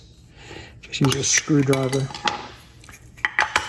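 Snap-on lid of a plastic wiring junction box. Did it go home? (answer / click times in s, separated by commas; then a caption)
released / 3.2 s. A screwdriver pries the snap-on plastic lid off a small plastic wiring junction box, for custom wiring on a 2024 Honda Goldwing Tour. Someone talks at first, then scraping and prying sounds give way to a sharp snap at 3.2 s as the lid pops free and the box is opened.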